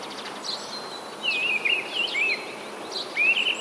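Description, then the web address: Mistle thrush song: a few quick, slurred whistled phrases wavering up and down. "wroblowe kolekcja paszkot"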